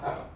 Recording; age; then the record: pig call; growing-finishing pig (85 days or more)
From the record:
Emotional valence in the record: positive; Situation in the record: run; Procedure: transit